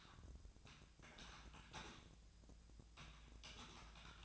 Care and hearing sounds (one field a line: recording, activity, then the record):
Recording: daily activity, microphone in the room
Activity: typing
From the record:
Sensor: 2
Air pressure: 1000.0 hPa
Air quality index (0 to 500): 129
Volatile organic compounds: 2 ppm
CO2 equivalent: 1105 ppm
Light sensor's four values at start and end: 25/62/27/30 and 25/62/27/30